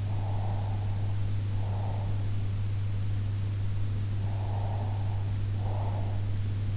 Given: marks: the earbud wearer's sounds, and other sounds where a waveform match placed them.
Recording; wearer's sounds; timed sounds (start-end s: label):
sounds in sleep by an in-ear microphone; breath
0.00-2.34 s: breath
4.18-6.32 s: breath